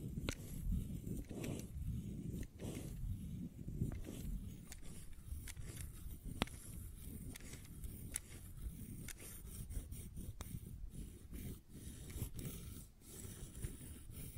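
Fidget cube tapping and clicking, with sharp irregular clicks every second or so over a steady low rumbling scrape throughout.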